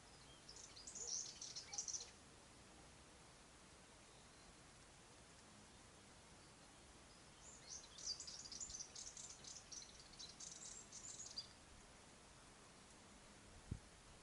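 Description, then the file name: Subalpine warbler song in two spells of rapid, dry, chattering high notes, a short phrase then a longer scratchy run, over a steady low hiss. "sylvia subalpina"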